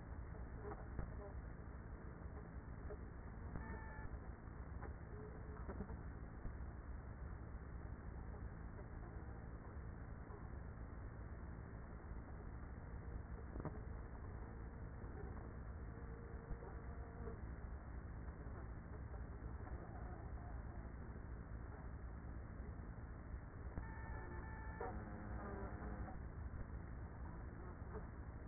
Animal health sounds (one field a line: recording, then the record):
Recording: honeybee colony, microphone inside the hive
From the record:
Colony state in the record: queenless with a low population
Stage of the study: after two queens were removed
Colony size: about 30,000 bees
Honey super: no